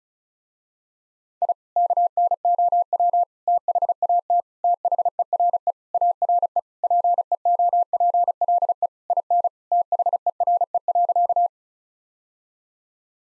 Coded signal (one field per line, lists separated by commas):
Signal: Morse code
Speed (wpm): 36 wpm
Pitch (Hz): 700 Hz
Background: none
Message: I KNOW THAT THERE ARE PEOPLE IN THERE.